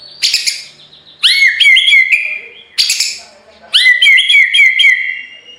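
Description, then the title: White-rumped shama: songbird giving sharp clicking bursts, two of them followed by strings of buzzy whistled notes. Full rolling ('ngerol') and 'nembak' style song for training (masteran). "Masteran Murai Batu Full Ngerol Nembak"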